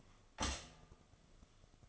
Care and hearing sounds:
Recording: daily activity, microphone in the room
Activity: stop toaster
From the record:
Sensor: 4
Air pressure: 1015.5 hPa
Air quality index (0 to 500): 193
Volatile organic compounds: 9 ppm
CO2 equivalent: 2160 ppm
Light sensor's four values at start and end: 5/10/3/3 and 4/9/3/3

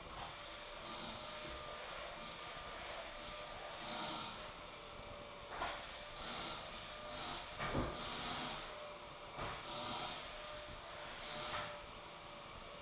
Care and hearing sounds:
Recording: daily activity, microphone in the room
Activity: vacuum cleaning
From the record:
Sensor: 5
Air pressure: 1009.7 hPa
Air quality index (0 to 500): 167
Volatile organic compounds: 4 ppm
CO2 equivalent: 1619 ppm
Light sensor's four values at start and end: 109/287/117/126 and 109/286/117/125

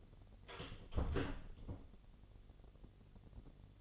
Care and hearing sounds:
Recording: daily activity, microphone in the room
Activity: close door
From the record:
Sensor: 4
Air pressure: 1016.1 hPa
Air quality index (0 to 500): 208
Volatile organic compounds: 12 ppm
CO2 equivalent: 2373 ppm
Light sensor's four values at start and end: 8/17/6/5 and 8/18/7/6

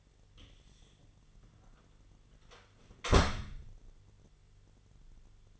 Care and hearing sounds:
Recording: daily activity, microphone in the room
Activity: close door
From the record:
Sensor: 4

